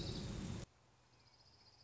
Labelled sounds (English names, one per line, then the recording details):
Orange-crowned Warbler
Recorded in Sonoma County, California